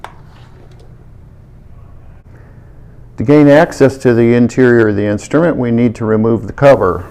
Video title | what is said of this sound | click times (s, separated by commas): Maintaining the LI-610 | So the filter and the guard can then just be snapped back into place. | 0.0 s